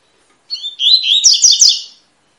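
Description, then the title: Double-collared seedeater song: a single rapid, high phrase of warbled, slurred notes going into quick buzzy notes, lasting about one and a half seconds. Tui-tui song style, fibra, of a bird used as a song teacher ('professor') for young birds. "COLEIRO TUI TUI FIBRA"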